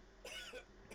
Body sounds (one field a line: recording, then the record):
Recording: coughing mixed with background sound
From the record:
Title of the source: Dry Afternoon Cough